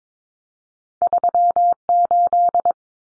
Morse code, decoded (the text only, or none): 38